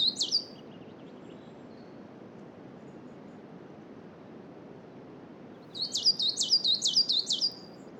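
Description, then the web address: Coal tit song: a phrase ending at the start, then several rapid high swinging notes after a pause, set against constant wind noise. Spring, around noon, in a coniferous forest, with wind. "Justsoundeffects - Forest Ambiences BIRDSong Spring Noon Coniferous Forest Coal Tit Wind"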